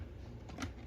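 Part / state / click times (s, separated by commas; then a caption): dust canister into stick vacuum body / not seated / none. A plastic dust canister is lined up by its groove and handled against the body of a Proscenic P10 Pro stick vacuum, with low handling rumble and a brief sharp knock at about 0.6 s. The canister has not seated or clicked into place yet.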